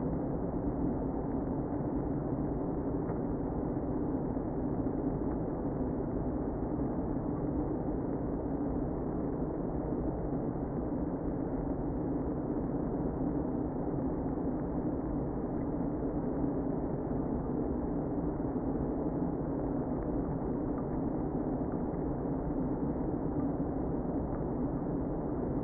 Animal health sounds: honeybee colony, microphone inside the hive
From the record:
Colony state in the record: queen present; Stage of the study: before two queens were removed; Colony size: about 60,000 bees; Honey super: yes

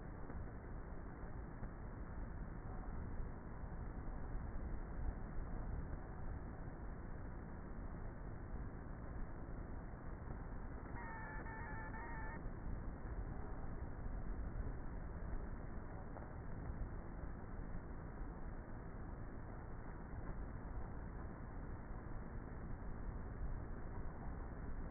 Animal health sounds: honeybee colony, microphone inside the hive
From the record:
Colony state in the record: queenless with a low population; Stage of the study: before two queens were removed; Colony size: about 30,000 bees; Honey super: no

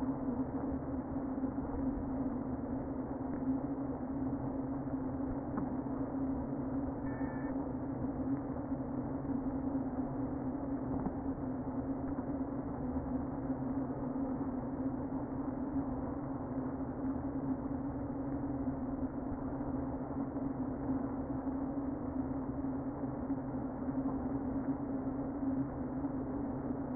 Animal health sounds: honeybee colony, microphone inside the hive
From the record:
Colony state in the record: queen present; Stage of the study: before two queens were removed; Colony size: about 60,000 bees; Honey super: yes

